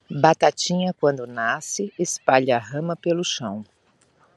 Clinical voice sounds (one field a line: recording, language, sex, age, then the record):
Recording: short text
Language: Brazilian Portuguese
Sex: female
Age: 50 to 59 years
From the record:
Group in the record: control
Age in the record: 53 years